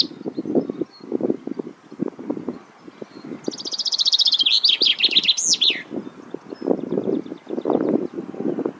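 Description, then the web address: Common chaffinch singing one bright phrase, a rapid run of high notes that drops in pitch and ends in a sweeping flourish, with low rumbling and rustling throughout. "Deverinetal 2025"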